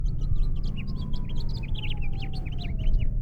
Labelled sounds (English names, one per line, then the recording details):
House Finch song
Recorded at Oceanside on Long Island, New York, on 17 June 1975
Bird H